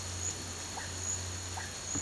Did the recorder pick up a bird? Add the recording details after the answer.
no. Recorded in pastures near Puerto Asís, Putumayo, Colombia, on 8 March 2025 at 14:00. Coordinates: 0.466, -76.322. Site CSA-02